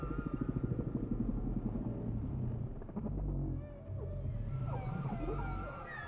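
Whale sounds: rapid low pulses at the start, then deep rumbling moans with faint high squeaks and short rising whistles scattered through.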